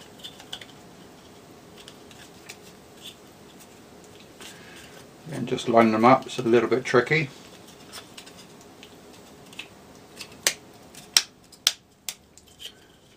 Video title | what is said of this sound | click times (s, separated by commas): assemble FPV P&T Gopro 3 Skiwalker video.mp4 | hear them all clicking into place there and the back piece | 10.5 s, 11.2 s, 11.7 s, 12.1 s